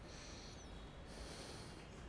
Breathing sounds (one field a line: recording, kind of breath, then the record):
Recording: one breath in and out by a microphone near the nose and mouth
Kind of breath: deep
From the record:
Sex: male